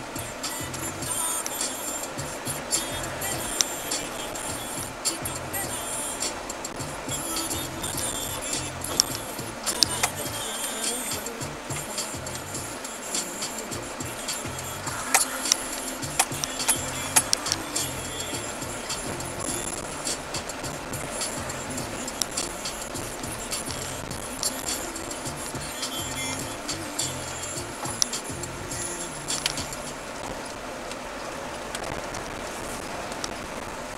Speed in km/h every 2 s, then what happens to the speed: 16, 24, 28, 24, 8, 3, 7, 8, 12, 14, 17, 18, 12, 8, 13, 18, 21.
0-5 speeds up to 28. 5-10 brakes to 3. 10-20 speeds up to 17. 23-26 slows to 8. 26-31 speeds up to 21.